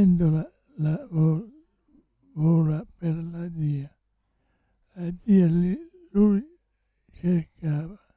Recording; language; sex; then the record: read passage; Italian; male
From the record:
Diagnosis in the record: Parkinson's disease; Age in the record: 65 years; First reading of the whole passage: 164 s, 3.2 characters per second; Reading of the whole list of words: 151 s, 1.9 characters per second